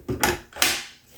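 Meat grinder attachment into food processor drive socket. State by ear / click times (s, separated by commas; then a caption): seated / 0.6 s. A meat grinder attachment is pushed into its drive socket on a food processor mount, with a rubbing, scraping sound around 0.1–0.4 s. It locks in with a sharp click at 0.6 s as the release button pops out, and the attachment is seated.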